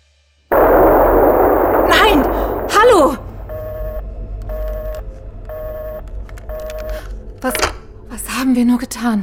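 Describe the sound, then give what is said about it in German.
A sudden, loud blast bursts in and roars into a noisy, fading rumble over a couple of seconds, followed by a series of evenly spaced electronic beeps and scattered chirping sounds. “Was war das? Ein Schuss? Oder eine Explosion?”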